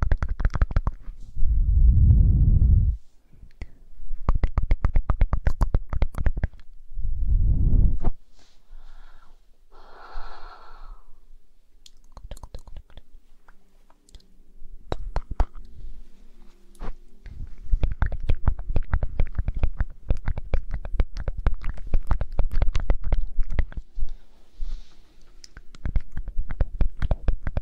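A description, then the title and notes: Ear blowing ASMR: soft, breathy puffs of air, with deep rushing bursts near 2 and 7 seconds. Around 10 seconds a brief whistly, hissing breath comes through. After that, dense rapid clicks and crackles fill most of the clip, under a faint low hum. ASMR Ear blowing.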